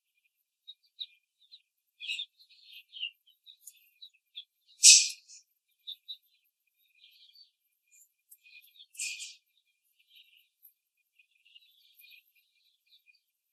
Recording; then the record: young laying hens in a cage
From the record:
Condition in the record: control cage, after the stress test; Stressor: none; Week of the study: 4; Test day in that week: 3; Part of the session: 1